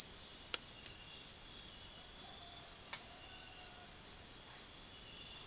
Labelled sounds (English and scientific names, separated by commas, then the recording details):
none
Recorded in secondary vegetation near Puerto Asís, Putumayo, Colombia, on 24 June 2025 at 05:30
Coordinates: 0.500, -76.326
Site GP08